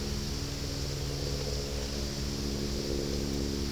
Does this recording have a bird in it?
no